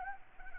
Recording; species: mosquito wingbeat signal from an infrared sensor; Anopheles arabiensis